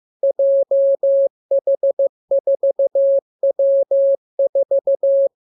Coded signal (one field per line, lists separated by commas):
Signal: Morse code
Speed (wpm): 15 wpm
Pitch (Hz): 550 Hz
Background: none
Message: JH4W4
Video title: Learning Morse Code. Lesson 37. Letter KMURESNAPTLWI.JZ=FOY,VG5/Q92H38B?47C1D